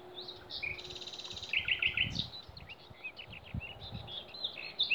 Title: Snimke ptičjeg pjevanja u demerskoj šumi, 28.4.2020.